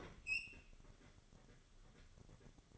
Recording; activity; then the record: daily activity, microphone in the room; open fridge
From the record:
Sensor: 4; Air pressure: 1008.6 hPa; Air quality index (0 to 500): 70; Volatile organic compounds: 1 ppm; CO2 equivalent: 620 ppm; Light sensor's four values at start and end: 15/35/14/14 and 15/34/14/14